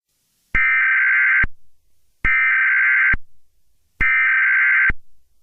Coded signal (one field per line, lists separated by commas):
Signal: Emergency Alert System (SAME) tones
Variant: header bursts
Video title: (CRINGE WARNING) Some Roblox Train Crashes With EAS Scenarios